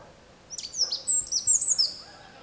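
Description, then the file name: Eurasian wren song, a rapid outpouring of high, thin trilled notes for about a second and a half over quiet background hiss. "Troglodytes troglodytes"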